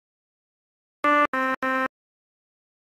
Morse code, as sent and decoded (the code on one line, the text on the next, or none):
none